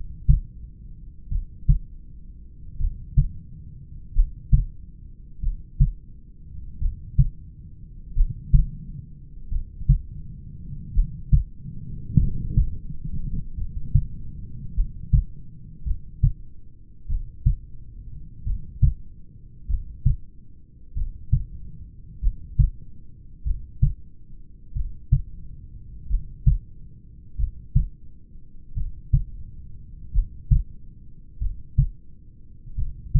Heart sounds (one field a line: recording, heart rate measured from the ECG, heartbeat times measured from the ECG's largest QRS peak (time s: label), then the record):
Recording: heart sounds by stethoscope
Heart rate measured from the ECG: 46 bpm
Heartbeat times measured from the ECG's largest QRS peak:
1.34 s: heartbeat
2.82 s: heartbeat
4.18 s: heartbeat
5.45 s: heartbeat
6.84 s: heartbeat
8.19 s: heartbeat
9.54 s: heartbeat
10.97 s: heartbeat
12.21 s: heartbeat
13.60 s: heartbeat
14.78 s: heartbeat
15.88 s: heartbeat
17.12 s: heartbeat
18.49 s: heartbeat
19.71 s: heartbeat
20.99 s: heartbeat
22.25 s: heartbeat
23.48 s: heartbeat
24.78 s: heartbeat
26.12 s: heartbeat
27.41 s: heartbeat
28.79 s: heartbeat
30.16 s: heartbeat
31.43 s: heartbeat
32.80 s: heartbeat
From the record:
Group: heart failure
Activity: rest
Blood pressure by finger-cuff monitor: 126/58 mmHg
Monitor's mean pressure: 76 mmHg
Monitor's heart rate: 47 bpm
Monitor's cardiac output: 5.7 L/min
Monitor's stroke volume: 124 mL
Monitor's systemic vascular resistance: 940 dyn s/cm5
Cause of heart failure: familial cardiomyopathy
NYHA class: 1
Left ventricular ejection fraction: 49%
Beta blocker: bisoprolol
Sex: male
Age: 31 years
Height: 194 cm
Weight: 96 kg